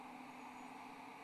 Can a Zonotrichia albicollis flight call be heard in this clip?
no